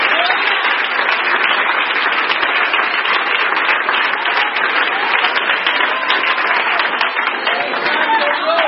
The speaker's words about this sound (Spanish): Pero cuando tengo una competencia entre usted y su esposo, el aplauso al Eterno casi culmina.